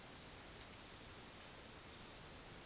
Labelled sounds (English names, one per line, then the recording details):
none
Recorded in dense forest near Puerto Asís, Putumayo, Colombia, on 23 June 2025 at 09:30
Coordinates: 0.468, -76.322
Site GP03